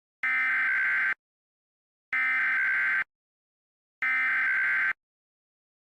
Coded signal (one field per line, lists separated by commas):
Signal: Emergency Alert System (SAME) tones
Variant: header bursts